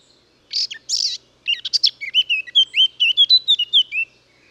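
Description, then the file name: Eurasian blackcap song: two rasping buzzy notes, a pause, then quick chatter turning into loud, clear whistled flourishes rising and falling in a steady run. "Sylvia atricapilla"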